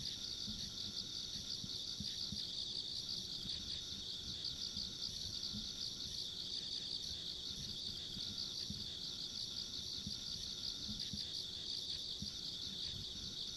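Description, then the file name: Dense high insect trilling that runs on without gaps, a faint higher shimmer over it and soft rumbling below. Ambient sound of insects along a rural country road. "田舎道の虫の環境音"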